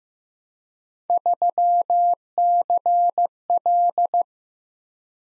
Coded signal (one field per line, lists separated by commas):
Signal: Morse code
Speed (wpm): 15 wpm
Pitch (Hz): 700 Hz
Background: none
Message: 3CL